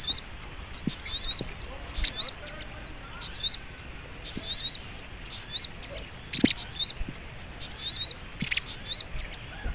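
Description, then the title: Little spiderhunter: strident high chip notes and curling twitters come about once a second, some louder bursts, over gentle hiss. Training recording (masteran) of sogok ontong labaik. "Masteran Burung Sogok Ontong Labaik"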